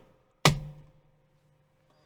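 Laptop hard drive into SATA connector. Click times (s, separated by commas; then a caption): 0.5 s. A hard drive in an HP 15-G255sa laptop is pushed back into its SATA connector. A single sharp click at 0.5 s carries a low thump that fades out by about 1.0 s over a faint steady hum. The drive is seated in the connector.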